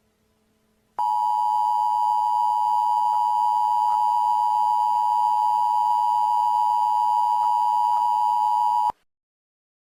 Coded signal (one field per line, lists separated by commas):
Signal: Emergency Alert System (SAME) tones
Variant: 853 and 960 Hz attention tone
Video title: The Divided States of America: An EAS Scenario